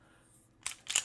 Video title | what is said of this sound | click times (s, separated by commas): XP PRO 9mm Review & Unboxing - INSANE Value | and you hear it snap right back in place, and then boom, | 0.7 s, 1.0 s